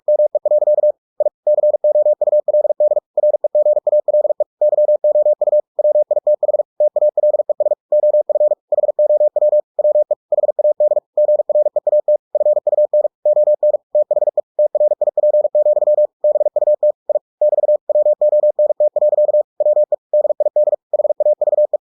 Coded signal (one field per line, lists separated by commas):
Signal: Morse code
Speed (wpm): 46 wpm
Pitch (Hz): 600 Hz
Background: none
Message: ME. I COULD REGALE YOU WITH TALES OF HOW WE HAD GREAT FUN ON THE TRIP, BUT I <BT> WONT. WE DID HAVE